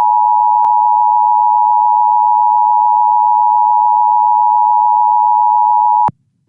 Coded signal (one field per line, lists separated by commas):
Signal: Emergency Alert System (SAME) tones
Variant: 853 and 960 Hz attention tone